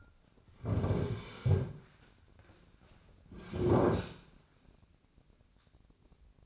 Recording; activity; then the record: daily activity, microphone in the room; sit down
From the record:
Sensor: 2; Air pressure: 1009.2 hPa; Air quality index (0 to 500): 166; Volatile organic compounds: 2 ppm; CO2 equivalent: 1218 ppm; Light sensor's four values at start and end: 37/98/41/45 and 35/93/39/42